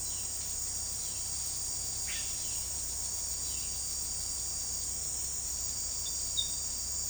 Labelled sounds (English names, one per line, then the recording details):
Yellow-rumped Cacique
Violaceous Jay
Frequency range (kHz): Yellow-rumped Cacique 1.2-4.4 kHz; Violaceous Jay 2.3-4.9 kHz
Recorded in secondary vegetation near Puerto Asís, Putumayo, Colombia, on 20 February 2024 at 17:00
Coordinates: 0.489, -76.322
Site G6419